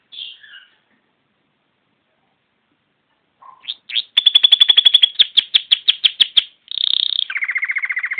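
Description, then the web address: Canary singing a few brief notes, a pause of about three seconds, then a fast rattling trill of repeated notes, a buzzy tour and a lower rolling trill. "Bird Songs Canary"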